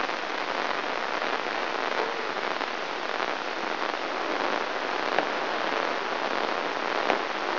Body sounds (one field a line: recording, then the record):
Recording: brain microelectrode recording played as sound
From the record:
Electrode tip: inside the subthalamic nucleus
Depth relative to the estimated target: -1.3 mm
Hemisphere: right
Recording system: AlphaMap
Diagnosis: Parkinson's disease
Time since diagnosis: 26 years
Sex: female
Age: 68 years